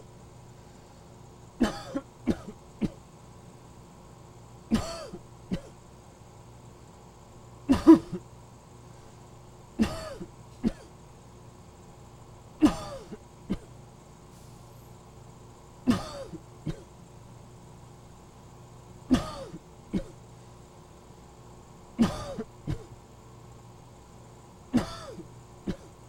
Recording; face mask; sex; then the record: voluntary coughing; surgical mask; male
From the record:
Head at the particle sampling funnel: tilted up or above it, chin in front of it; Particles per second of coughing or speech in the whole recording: 2.06